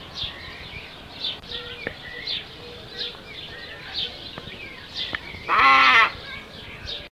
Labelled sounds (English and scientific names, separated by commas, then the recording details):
Glossy Ibis (Plegadis falcinellus) call
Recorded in captivity
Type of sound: call
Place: Artis Zoo, Nordholland, NL
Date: 1976-09-08
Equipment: Halbspur, 9,5 cm/s
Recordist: Lütgens, Hans
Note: Rufe